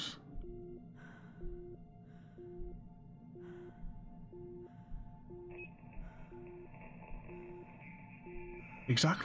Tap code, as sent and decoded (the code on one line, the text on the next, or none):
none